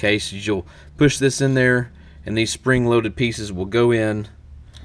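A spring-loaded bed tie-down anchor is handled and pushed toward its slot in the bed rail of a Chevy ZR2 Diesel pickup while someone talks throughout. Nothing has seated or clicked yet; the anchor is not yet home when the clip ends.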